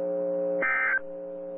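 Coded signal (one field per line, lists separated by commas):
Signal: Emergency Alert System (SAME) tones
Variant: end-of-message bursts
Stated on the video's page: Tornado warnings received on NOAA Weather Radio.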